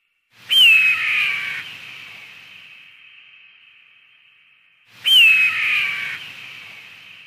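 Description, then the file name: Red-tailed hawk giving two rasping, downslurred screams about four and a half seconds apart, each fading out in a long ringing tail. "audio red tailed hawk durasi panjang omkicau"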